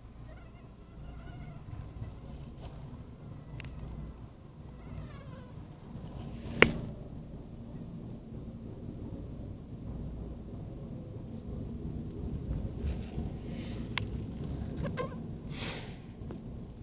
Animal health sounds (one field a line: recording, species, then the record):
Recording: mosquito flight sound by mobile phone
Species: Anopheles freeborni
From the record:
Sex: male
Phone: Nokia 5235